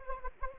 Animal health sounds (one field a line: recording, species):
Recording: mosquito wingbeat signal from an infrared sensor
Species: Anopheles arabiensis